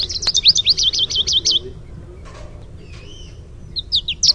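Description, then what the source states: American goldfinch contact song opening with rapid high twitters, a pause with a soft drawn-out note, then more twittering at the end. "Sweeet" contact call and contact song.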